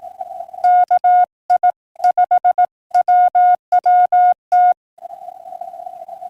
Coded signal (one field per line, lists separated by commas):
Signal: Morse code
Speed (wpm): 18 wpm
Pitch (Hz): 3600 Hz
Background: none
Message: KI5WWT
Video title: Saturday Morning Pota Hunt 4-11-2026